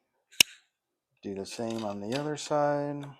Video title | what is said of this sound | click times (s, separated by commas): Unboxing and assembly of the Ryobi cordless Dethatcher/aerator! | and it will lock into place | 0.4 s